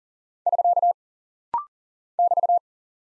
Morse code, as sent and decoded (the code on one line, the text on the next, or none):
...-.- / -...-
<SK> <BT>